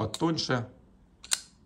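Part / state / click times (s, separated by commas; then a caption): folding knife blade into its open lock / seated / 1.3 s. Someone talks, then the steel blade of a Y-START LK5021 folding knife is flipped open by the hole or notch in the blade. A faint tick at 1.2 s is followed by a sharp click at 1.3 s as the blade snaps into its open lock.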